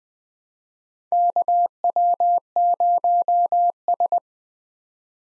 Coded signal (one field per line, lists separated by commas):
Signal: Morse code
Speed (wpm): 20 wpm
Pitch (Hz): 700 Hz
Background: none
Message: KW0S